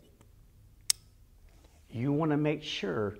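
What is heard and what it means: A spring-loaded leash snap is clipped onto the ring of a prong collar close to the microphone, giving a sharp, bright click at 0.9 s that shows the snap has seated. A faint tick comes earlier at 0.2 s, and someone talks from about 1.9 s on.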